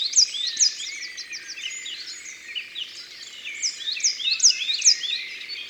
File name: Mesange noire